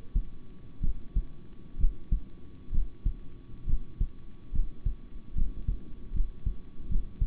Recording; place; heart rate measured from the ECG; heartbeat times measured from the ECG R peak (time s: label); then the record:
heart sounds by stethoscope; between the tricuspid and mitral areas; 69 bpm
0.81 s: heartbeat
1.78 s: heartbeat
2.71 s: heartbeat
3.66 s: heartbeat
4.52 s: heartbeat
5.34 s: heartbeat
6.13 s: heartbeat
6.88 s: heartbeat
From the record:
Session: rest, sitting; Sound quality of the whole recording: good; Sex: male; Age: 26 years